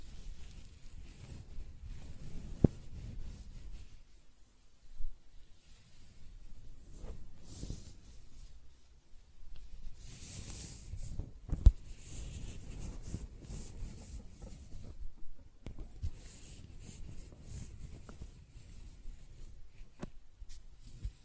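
Close-up hair being scratched, brushed and stroked, with soft rubbing strokes over a low rumble. Brighter bristly sweeps come in bursts around 7, 10 to 11, and 15 to 17 seconds, and sharp clicks sound near 2.5, 5 and 11.5 seconds.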